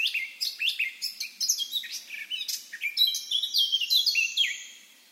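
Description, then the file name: Eurasian blackcap song: a rich, hurried warble of sharp chirps and downslurred notes, building into a brighter, more fluty passage before fading out. "Sylvia atricapilla"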